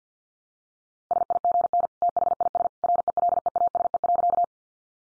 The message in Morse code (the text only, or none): SIGN THIS RELEASE.